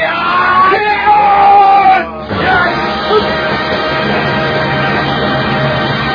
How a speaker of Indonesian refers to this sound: Lembu Sora dan Ranggalawe yang berpakaian menyamar sebagai putri kerajaan melompat sambil berteriak menyergap